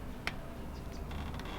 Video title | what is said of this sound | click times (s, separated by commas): Complete EMS3 Installation Guide - Part 4/7 - Td5 Defender 110 Probe Locations | till we hear the click | 0.3 s